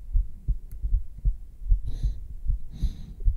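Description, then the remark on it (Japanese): A steady, muffled ASMR heartbeat heard through bare skin, recorded with a black 3Dio microphone, thumps low and deep in a regular rhythm, with a couple of brief soft rustling bursts partway through. “生肌心音耐久🤍ぎゅーってするからおいで🤍heart beat”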